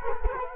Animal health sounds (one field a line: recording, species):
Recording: mosquito wingbeat signal from an infrared sensor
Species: Culex quinquefasciatus